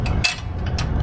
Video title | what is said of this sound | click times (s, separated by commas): Gas Guys Won't Like this! | So, your casters can lock into place. | 0.2 s